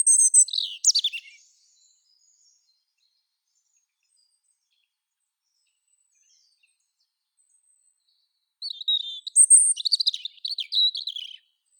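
European robin sings a sharp high cascading phrase, falls silent for several seconds, then delivers a longer sweet twittering, warbling phrase.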